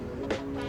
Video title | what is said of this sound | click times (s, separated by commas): MK8 DSG TCU Swap: Install + FIRST DRIVE! | So, start from the right side. And it should just kind of snap in place right there. | 0.3 s